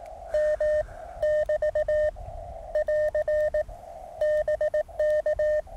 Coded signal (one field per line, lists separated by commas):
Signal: Morse code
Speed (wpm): 18 wpm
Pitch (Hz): 650 Hz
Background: none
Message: M <BT> <AR> BK